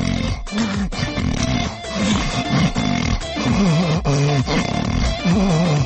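Low, rough, grunting snore-like sounds with a wavering pitch run almost without pause for about six seconds over a busy background. An adult humorously imitates the third, 'amateur' type of snoring, the occasional kind that can happen to anyone, for example when the head lies a certain way during sleep and the breath makes a sound.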